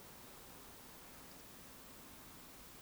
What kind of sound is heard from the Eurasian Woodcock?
whistle